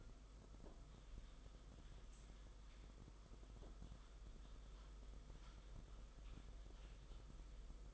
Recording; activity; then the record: daily activity, microphone in the room; typing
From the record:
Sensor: 5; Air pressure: 991.1 hPa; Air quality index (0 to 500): 131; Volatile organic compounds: 70 ppm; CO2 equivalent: 3520 ppm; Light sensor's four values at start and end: 38/119/45/48 and 38/119/45/48